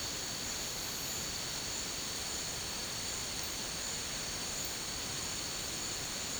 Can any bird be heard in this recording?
no